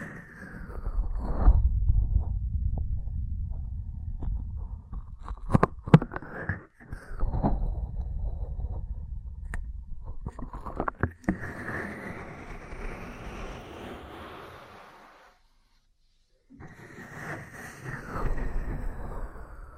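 Ear cleaning and massage sounds: low rumbling rubs and scratches mixed with sharp clicks and taps, especially around 6 and 11 seconds. Brighter brushing swells rise midway, a near-silent gap falls around 15–16 seconds, then the rubbing resumes.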